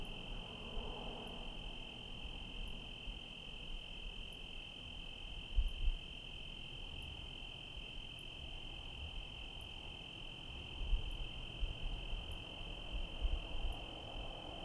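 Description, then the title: Cricket trilling in a steady, unbroken high buzz, with faint ticks recurring regularly above it and a low rumble of rain and traffic. Night ambience in Trinity County, California, USA, on 17/10/25 around 05:06, with rain and cars; recorded on a Zoom H1 with internal XY mics. "Trinity County, Californie, États-Unis d'Amérique - 17_10_25_05_06 grillons nuit voitures PLUIE"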